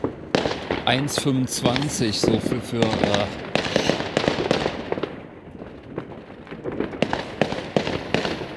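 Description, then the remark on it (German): A fireworks battery fires overhead, a rapid, irregular string of sharp cracks and pops running throughout while people talk over it. “Da oben ist eine, das ist eine Batterie, die da oben so vor sich hinrotzt, aber...”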